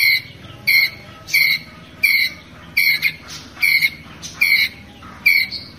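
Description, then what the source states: Ground squirrel uttering loud, high squeaky chirps about every two-thirds of a second, with a low steady hum in the background. Ground squirrel calling to its group.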